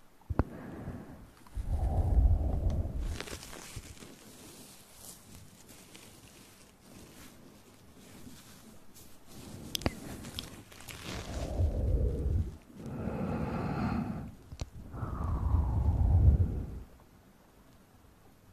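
Mouth sounds and breathy, inaudible whispering come in short bursts separated by quieter gaps. Low, airy puffs swell around two, eleven, and fifteen seconds, while sharp clicks and smacks pop through the quieter middle stretch, with one squeaky, tonal breath near thirteen seconds.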